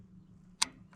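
A Pertronix 1244A electronic ignition part, keyed by four flat spots, is turned on the distributor shaft of a 1950 Ford 8N tractor. At 0.6 s it drops and locks in with a sharp, bright click, followed by a fainter tick at 1.0 s. The part is now seated, no longer sitting proud.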